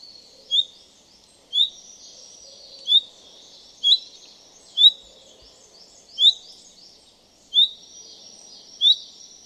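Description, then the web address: Common chaffinch calls: a bright, sharp note repeated eight times, a little over a second apart. "Deverinetal"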